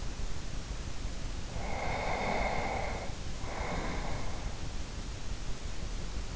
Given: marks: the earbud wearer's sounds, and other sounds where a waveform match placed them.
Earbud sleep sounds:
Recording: sounds in sleep by an in-ear microphone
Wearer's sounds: breath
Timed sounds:
1.58-4.68 s: breath

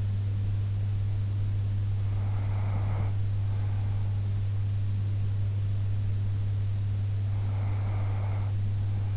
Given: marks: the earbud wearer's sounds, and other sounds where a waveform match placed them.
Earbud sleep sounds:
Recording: sounds in sleep by an in-ear microphone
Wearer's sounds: breath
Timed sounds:
2.08-4.29 s: breath
7.31-9.17 s: breath

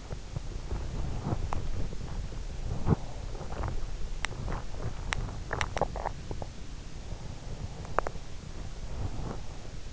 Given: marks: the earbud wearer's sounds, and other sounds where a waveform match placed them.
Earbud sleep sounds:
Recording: sounds in sleep by an in-ear microphone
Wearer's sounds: body movement, teeth grinding, breath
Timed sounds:
0.00-6.65 s: body movement
3.84-6.49 s: teeth grinding
8.82-9.59 s: breath

